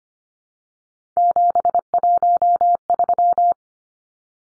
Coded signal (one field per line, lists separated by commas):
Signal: Morse code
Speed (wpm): 25 wpm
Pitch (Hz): 700 Hz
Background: none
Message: 713